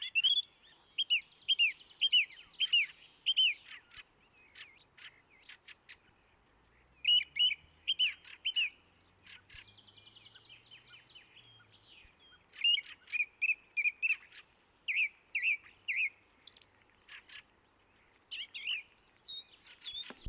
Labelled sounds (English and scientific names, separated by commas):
Song Thrush (Turdus philomelos) song